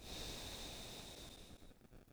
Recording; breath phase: one breath near a microphone; exhalation